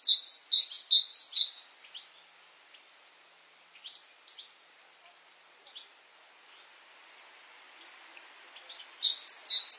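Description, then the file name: Great tit song: a short run of bright two-note phrases at the start, scattered soft chirps, and another run of repeated phrases at the end. "Canto do chapins real"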